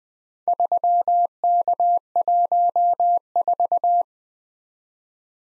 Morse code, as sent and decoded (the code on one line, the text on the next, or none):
...-- -.- .---- ....-
3K14